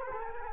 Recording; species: mosquito wingbeat signal from an infrared sensor; Culex quinquefasciatus